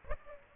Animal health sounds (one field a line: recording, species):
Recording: mosquito wingbeat signal from an infrared sensor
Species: Aedes aegypti